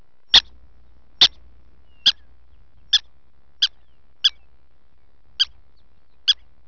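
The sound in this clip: Prairie dog barks: eight sharp, bright, harmonic chirping barks, each very short, spaced roughly one second apart against a faint low hum.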